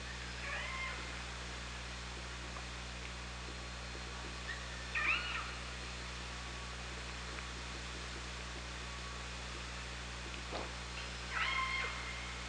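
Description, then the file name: Orca calls, three harmonic squeals spaced several seconds apart, over steady low hum and background hiss. Recorded by OrcaLab hydrophone underwater on 24 August 2017 at 18:40:12. "Orca Lab UTLN JASON 20170824 184012"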